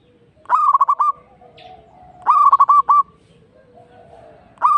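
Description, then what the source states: Zebra dove song: rapid stuttering coo phrases, each a rising note and about four quick pulses, repeated roughly every two seconds, with a faint high chirp between. Local (lokal) bird.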